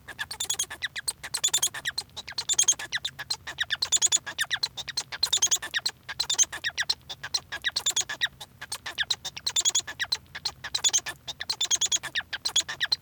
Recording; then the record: song of a male Bengalese finch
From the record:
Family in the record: son of father 1